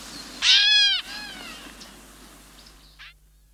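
Gray catbird giving a loud, nasal, cat-like mew, then a softer second mew and a brief buzzy note near the end.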